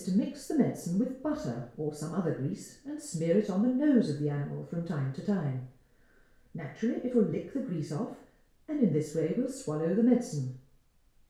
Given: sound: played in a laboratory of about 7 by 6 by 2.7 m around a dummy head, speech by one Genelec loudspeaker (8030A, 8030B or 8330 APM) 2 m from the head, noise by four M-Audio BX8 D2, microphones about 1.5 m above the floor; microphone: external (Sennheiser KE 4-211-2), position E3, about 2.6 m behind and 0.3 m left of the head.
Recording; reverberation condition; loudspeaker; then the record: female speech in English; medium; behind (180 degrees)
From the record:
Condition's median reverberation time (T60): about 510 ms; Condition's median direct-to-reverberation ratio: about -0.5 dB